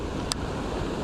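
The reel seat nut on a Catch Co Googan Squad CatchSmart Twitch rod is tightened again, locking the reel foot onto the rod. A single sharp, bright click rings out at 0.3 s over a steady wind-like background hiss. The reel is seated and locked.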